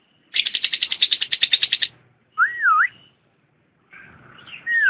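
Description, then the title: Lovebird song: quick rattling chatter, then a wavering warbled whistle and a fainter mixed twitter. Champion lovebird song. "KICAU BURUNG LOVEBIRD JUARA"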